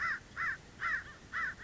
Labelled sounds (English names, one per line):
American Crow